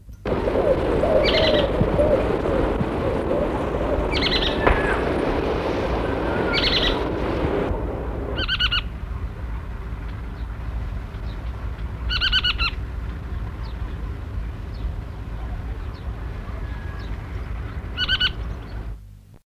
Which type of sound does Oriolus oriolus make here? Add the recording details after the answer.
call. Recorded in the wild. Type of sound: call. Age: immature. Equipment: Halbspur, 9,5 cm/s. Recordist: Lütgens, Hans. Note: flügge Junge